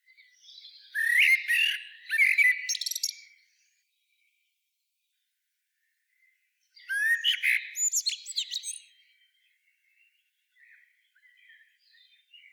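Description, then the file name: Common blackbird giving loud, harsh chattering bursts of scratchy notes, two early and one later, followed by faint thin notes. "Turdus merula"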